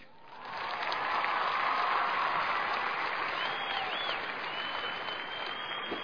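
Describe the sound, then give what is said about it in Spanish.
Loud, sustained applause on a radio show, greeting the introduction of the day's control-room operator: a dense wash of many hands clapping that swells quickly after a brief quieter start and holds steady for several seconds without any talking. “Con bombos y platillos faltaron nada más, pero los aplausos ahí grandes ya vamos a buscar bombos y platillos, ¿ya?”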